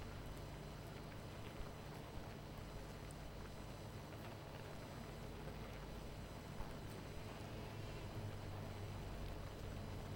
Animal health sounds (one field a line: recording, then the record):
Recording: honeybee colony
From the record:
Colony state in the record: missing queen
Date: 14 July 2017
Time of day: 19:01